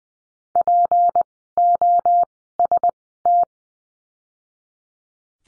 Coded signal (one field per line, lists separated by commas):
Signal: Morse code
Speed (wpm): 20 wpm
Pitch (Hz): 700 Hz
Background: none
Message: POST